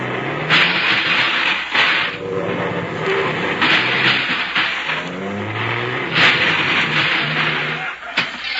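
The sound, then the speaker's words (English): A heavy bus engine revs up and down in repeated surges as the bus squeezes into a parking space between two cars, its low droning pitch rising and falling over a steady rumbling, hissing roar, with a few sharp bursts of noise. “You better double park the bus. There's no room there. Oh, I can get in between those two cars.”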